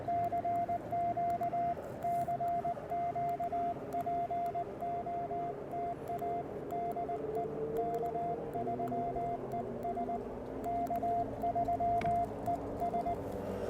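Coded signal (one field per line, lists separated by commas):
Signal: Morse code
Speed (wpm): 19 wpm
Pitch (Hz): 690 Hz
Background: radio noise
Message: CQ CQ POTA DE K3ES K3ES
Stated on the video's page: QRP CW during a park activation, using an Elecraft K1 and a homebrew 29.5-foot end-fed random wire with a 17-foot counterpoise.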